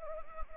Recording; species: mosquito wingbeat signal from an infrared sensor; Anopheles arabiensis